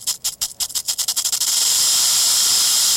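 Rattlesnake rattling, hissy pulses quickening rapidly over the first second and a half before blurring into one continuous, steady high buzz.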